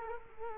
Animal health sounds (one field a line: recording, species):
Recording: mosquito wingbeat signal from an infrared sensor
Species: Culex quinquefasciatus